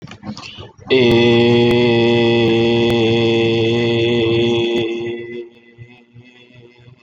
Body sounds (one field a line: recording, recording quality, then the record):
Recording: sustained vowel as in made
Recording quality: excellent, no background noise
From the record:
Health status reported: healthy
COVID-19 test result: not tested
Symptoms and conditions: none ticked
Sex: male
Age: 22 years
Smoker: not ticked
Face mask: worn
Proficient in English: yes